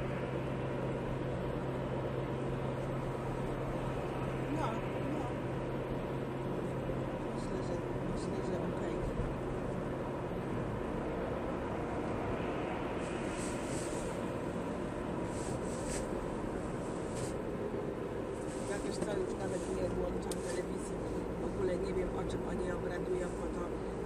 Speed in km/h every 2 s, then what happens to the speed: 59, 59, 59, 59, 59, 59, 60, 58, 56, 51, 49, 50.
0-13 steady at about 59. 13-19 slows to 49.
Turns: none.